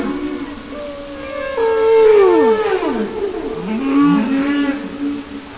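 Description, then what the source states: Whale calls: overlapping tonal moans and swooping downward whistles with rich harmonics, some rising, over a steady low hum. Recorded on sonar.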